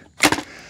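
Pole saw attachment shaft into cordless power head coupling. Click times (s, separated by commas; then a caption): 0.3 s. A Milwaukee M18 pole saw attachment (49-16-2720) shaft, lined up with the arrow on the cordless power head's quick-connect coupling, is pushed into the coupling. A short rough knock and scrape begins around 0.2 s, followed by a sharp click at 0.3 s and a quiet tail. The attachment seats and locks into place.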